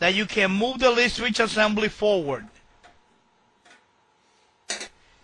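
A lid switch assembly in a Maytag washer cabinet is slid forward in its slots while someone talks. A sharp click is heard at 4.7 s as the switch seats. It is then held in place and the holding screw is tightened.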